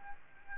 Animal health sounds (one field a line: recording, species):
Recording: mosquito wingbeat signal from an infrared sensor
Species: Aedes albopictus